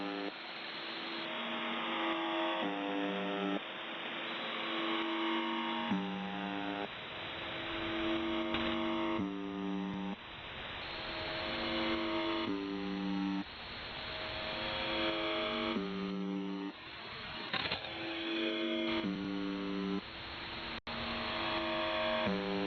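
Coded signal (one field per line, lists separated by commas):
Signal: channel marker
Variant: UVB-76 (The Buzzer)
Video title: UVB-76 (4625 kHz) Strange white noise 18:35 UTC (Noise starts at 3:15)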